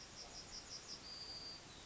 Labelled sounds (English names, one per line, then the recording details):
Yellowhammer song
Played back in forest
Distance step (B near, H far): G
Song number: 049